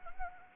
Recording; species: mosquito wingbeat signal from an infrared sensor; Anopheles gambiae